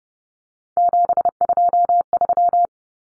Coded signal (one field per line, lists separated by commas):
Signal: Morse code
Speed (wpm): 30 wpm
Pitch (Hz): 700 Hz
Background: none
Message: 723